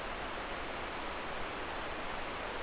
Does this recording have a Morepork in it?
no